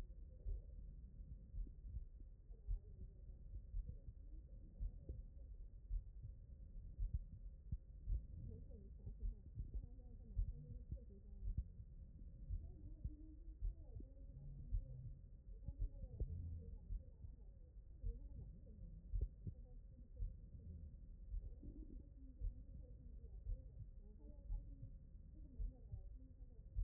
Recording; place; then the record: heart sounds by stethoscope; aortic valve (AV)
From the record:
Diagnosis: non-HFrEF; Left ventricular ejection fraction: 54%